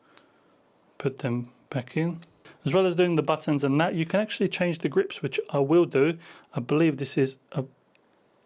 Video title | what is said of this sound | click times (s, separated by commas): Magbak ELITE Case for iPhone 16 Pro - TOP Contender!! | you hear that nice click when you | 0.2 s